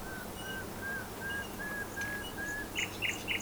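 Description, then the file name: Common nightingale song: a series of soft, level whistles repeated steadily, ending in three short buzzy rattled notes, over steady low background noise. "Luscinia megarhynchos"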